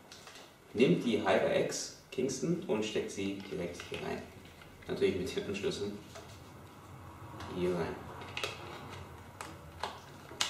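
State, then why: Seated. A Kingston HyperX 240 GB 2.5-inch SSD is pushed connector-first into the SATA connector of a plastic external enclosure tray while someone talks. A few sharp handling taps follow near the end, and the drive latches into the connector with a sharp click at 10.4 s.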